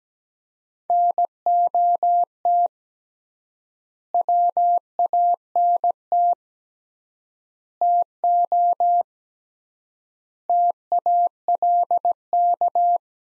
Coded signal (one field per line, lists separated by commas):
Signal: Morse code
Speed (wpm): 17 wpm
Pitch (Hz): 700 Hz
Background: none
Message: NOT WANT TO TALK